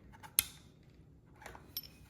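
A replacement docking port board is pushed from behind with a screwdriver into the plastic clips of a Nintendo Switch dock housing. A single sharp, loud click rings out at 0.4 s, followed by fainter ticks around 1.5 s and 1.8 s. The board snaps into place and locks.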